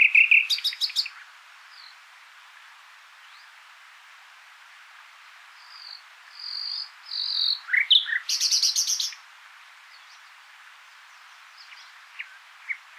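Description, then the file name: Common nightingale song with buzzy rattling bursts at the start and again near eight seconds, separated by thin high whistles and short chirps, with quiet pauses between phrases. "Luscinia megarhynchos"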